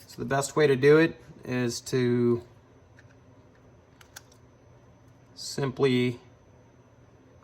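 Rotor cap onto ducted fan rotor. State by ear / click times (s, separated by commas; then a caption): not seated / none. A rotor cap is lined up by eye on a Dynamax V3 EDF fan rotor for a collet conversion, with its holes matched to the rotor's holes. Someone talks while a few faint handling taps sound around 3.0 to 4.3 seconds. The cap is in place but has not seated or clicked yet.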